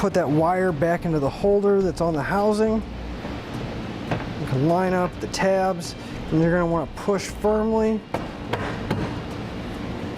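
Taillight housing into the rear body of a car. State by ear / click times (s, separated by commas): seated / 8.5 s, 8.9 s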